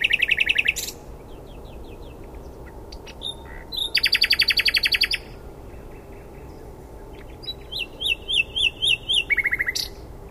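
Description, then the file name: Common nightingale song in separate phrases: a fast buzzy rattle, a rapid machine-gun trill, then a run of sharp repeated chirps ending in a lower trill. "Luscinia megarhynchos"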